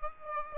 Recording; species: mosquito wingbeat signal from an infrared sensor; Aedes aegypti